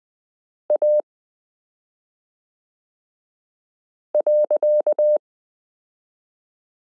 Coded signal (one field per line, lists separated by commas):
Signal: Morse code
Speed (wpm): 20 wpm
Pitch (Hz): 600 Hz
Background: none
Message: A .